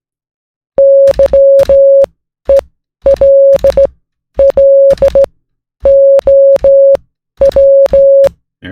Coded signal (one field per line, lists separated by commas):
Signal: Morse code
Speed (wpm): 16 wpm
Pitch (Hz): 550 Hz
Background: music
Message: YELLOW